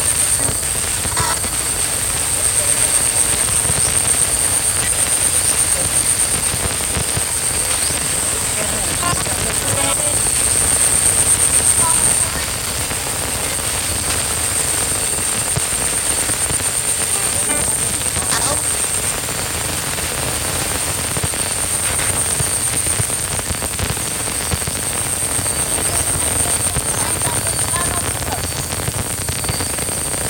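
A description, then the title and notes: Strange radio signals drift through a steady vehicle rumble, with a thin high whine, faint voice-like fragments and a slight drop in level near twelve seconds. The requirement for this contribution was to record the period of strange radio signals during a nighttime ride through the middle of nowhere where the regular broadcast signal just dropped dead.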